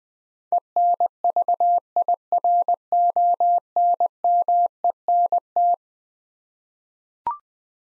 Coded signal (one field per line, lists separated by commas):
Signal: Morse code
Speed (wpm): 20 wpm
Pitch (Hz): 700 Hz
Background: none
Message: ENVIRONMENT